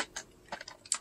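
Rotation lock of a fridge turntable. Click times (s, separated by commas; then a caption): 0.9 s. A fridge turntable is turned by hand so its rotation lock engages and it cannot turn back the other way. A series of light plastic ticks is heard as it rotates, then a sharp, loud click at 0.9 s as the lock catches. The turntable is locked in place.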